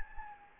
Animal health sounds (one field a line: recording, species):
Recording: mosquito wingbeat signal from an infrared sensor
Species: Anopheles gambiae